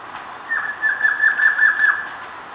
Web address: Natures Songs S America Birds of Ecuador Collared Trogon